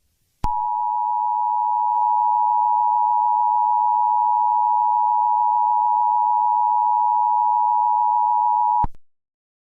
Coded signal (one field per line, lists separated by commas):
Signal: Emergency Alert System (SAME) tones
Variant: 853 and 960 Hz attention tone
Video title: VeggieTales.EXE | An EAS Scenario